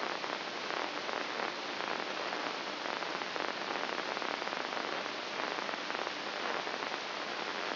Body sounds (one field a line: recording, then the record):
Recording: brain microelectrode recording played as sound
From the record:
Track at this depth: outside the subthalamic nucleus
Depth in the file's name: 1.241 mm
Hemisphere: left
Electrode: 2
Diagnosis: Parkinson's disease